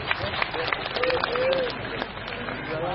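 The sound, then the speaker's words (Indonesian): A crowd applauds steadily for a few seconds, a dense wash of clapping mixed with indistinct voices and cheering that stays fairly loud throughout. “Tepuk tangan untuk Ibu”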